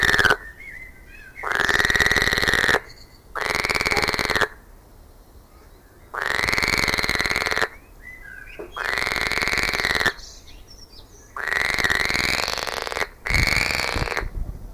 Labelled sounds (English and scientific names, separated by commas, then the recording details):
Edible Frog (Pelophylax esculentus)
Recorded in the wild
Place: Lübars, Benekendorffstraße, Berlin, DE
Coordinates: 52.6167, 13.3469
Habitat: Gartenteich
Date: 2000-06-10 21:46
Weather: heiter, 25°C
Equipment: Marantz CP 430, Sennheiser ME 80, Kopie Uher 4000 Report Monitor
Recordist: Tembrock, Günter